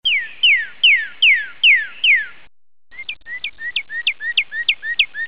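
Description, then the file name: Northern cardinal song, loud clear whistled notes slurring downward repeated about twice a second, a short pause, then a faster series of rising upslurred whistles. "cardinal bird"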